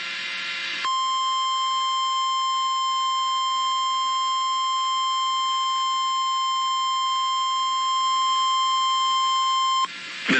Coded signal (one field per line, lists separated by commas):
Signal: Emergency Alert System (SAME) tones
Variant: 1050 Hz attention tone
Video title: YOU JUST NEVER GIVE UP, DO YOU?! - Special Marine Warning 2 [EAS #252]